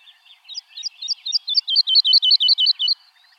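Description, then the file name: Woodlark song: soft notes building into a louder series of clear, liquid repeated notes. "Alouette lulu"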